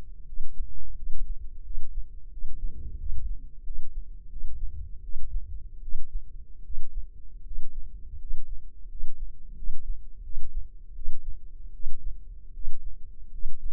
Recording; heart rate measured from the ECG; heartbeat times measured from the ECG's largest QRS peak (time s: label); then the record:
heart sounds by microphone in the left ear; 83 bpm
0.24 s: heartbeat
0.94 s: heartbeat
1.62 s: heartbeat
2.29 s: heartbeat
2.96 s: heartbeat
3.63 s: heartbeat
4.28 s: heartbeat
5.01 s: heartbeat
5.80 s: heartbeat
6.62 s: heartbeat
7.43 s: heartbeat
8.17 s: heartbeat
8.87 s: heartbeat
9.54 s: heartbeat
10.21 s: heartbeat
10.93 s: heartbeat
11.72 s: heartbeat
12.52 s: heartbeat
13.30 s: heartbeat
From the record:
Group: healthy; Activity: rest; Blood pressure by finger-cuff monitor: 125/70 mmHg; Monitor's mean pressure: 84 mmHg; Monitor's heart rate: 84 bpm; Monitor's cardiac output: 7.6 L/min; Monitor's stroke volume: 89 mL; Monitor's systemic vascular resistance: 810 dyn s/cm5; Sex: male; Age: 23 years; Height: 179 cm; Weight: 87 kg